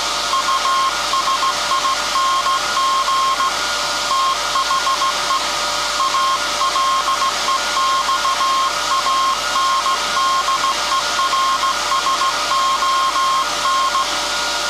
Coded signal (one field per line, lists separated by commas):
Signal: Morse code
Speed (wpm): 16 wpm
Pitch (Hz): 1070 Hz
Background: none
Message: USING THE ALEXANDERSON